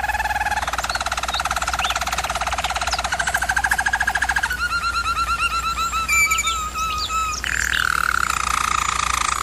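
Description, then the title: German Roller canary song: fast rolled trill passages followed by bubbling, looping notes and a smooth sustained roll, continuous throughout. Singing used for canary training. "German Roller Canary Singing - Canary Training Vid"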